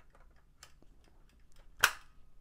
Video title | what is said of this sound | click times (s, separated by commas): PepperBall VKS Accessories Guide Links Below (Subscribe👍) | And it locks into place. | 1.8 s